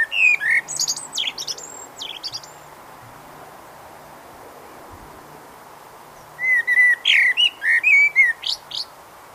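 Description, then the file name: Common blackbird song in two phrases: warbled fluty notes with sharp high squeaks. Then a long pause, then another whistled phrase ending in thin high twitters. "Turdus merula"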